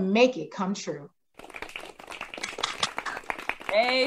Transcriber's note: applause